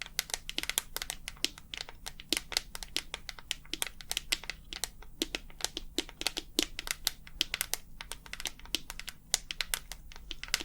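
Rapid, irregular tapping with sharp bright clicks several times a second, a few louder hits, over a faint steady low hum throughout.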